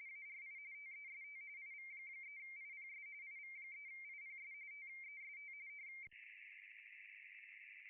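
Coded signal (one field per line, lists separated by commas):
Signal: RTTY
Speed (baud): 45.45 baud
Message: ARI TEST IV3IPS IV3IPS TEST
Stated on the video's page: RTTY in the ARI International DX Contest, single operator two VFO, low power, live stream.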